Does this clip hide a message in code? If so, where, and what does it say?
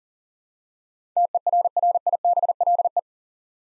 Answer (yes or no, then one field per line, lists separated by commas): yes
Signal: Morse code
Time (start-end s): 1.2-3.0 s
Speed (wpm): 37 wpm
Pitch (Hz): 700 Hz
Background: none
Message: TERRIBLE